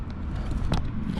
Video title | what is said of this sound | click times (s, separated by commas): How To Replace Headlight Bulbs 2008-2012 Honda Accord | And then push it up. And you'll hear a click. | 0.8 s